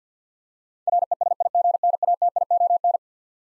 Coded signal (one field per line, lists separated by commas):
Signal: Morse code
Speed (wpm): 47 wpm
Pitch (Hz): 700 Hz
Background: none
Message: RESIGNATION